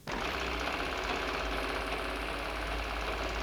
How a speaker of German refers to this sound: Eine Nähmaschine surrt und rasselt.